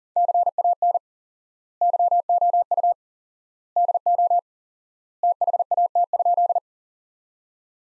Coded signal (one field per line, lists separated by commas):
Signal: Morse code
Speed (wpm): 40 wpm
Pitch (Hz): 700 Hz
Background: none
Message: CAN YOU DO THAT?